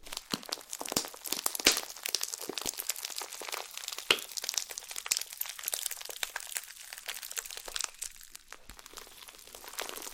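Slime being squished and stretched, a dense run of crisp crackles and pops, bright and hissy, with sharper snaps near two and four seconds.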